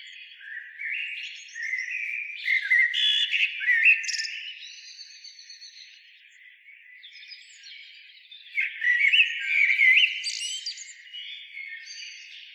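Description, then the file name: Common blackbird twittering in two lively bursts of chirps, squeaks and slurred whistles, quieter between them around six to eight seconds. "Turdus merula"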